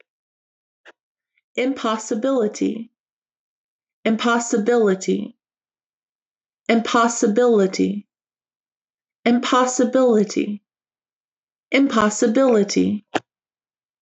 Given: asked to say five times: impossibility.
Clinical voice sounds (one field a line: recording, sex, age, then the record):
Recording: repeated word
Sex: female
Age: 20 to 29 years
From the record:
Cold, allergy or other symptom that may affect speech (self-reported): no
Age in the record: 28 years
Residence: Alabama, United States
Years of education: 13